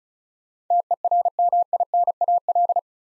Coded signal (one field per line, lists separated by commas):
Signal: Morse code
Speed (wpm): 36 wpm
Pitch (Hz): 700 Hz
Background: none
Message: TERMINAL